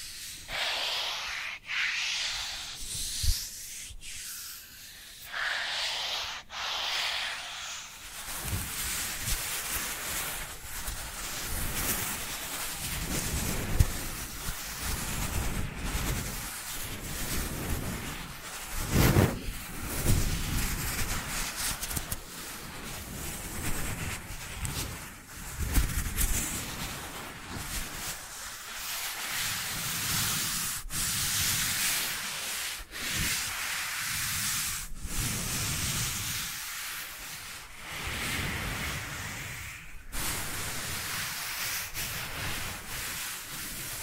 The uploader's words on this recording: Dry Dry Hand Sounds. (No Talking).